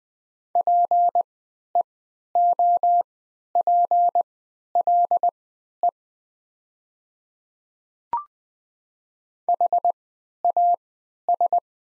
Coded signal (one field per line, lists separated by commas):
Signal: Morse code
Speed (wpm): 20 wpm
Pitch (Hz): 700 Hz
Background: none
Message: PEOPLE HAS